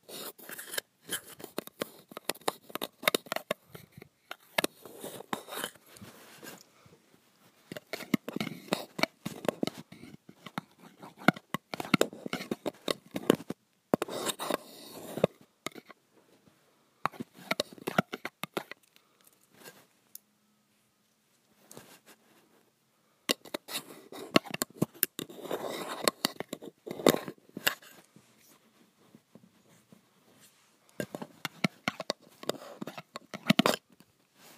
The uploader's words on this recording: ASMR Graphite on Metal.